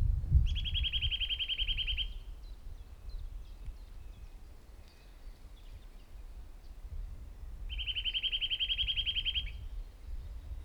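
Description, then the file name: Eurasian nuthatch trilling twice, each burst a quick string of evenly spaced high notes about a second and a half long, against low background rumble. "Sitta europaea"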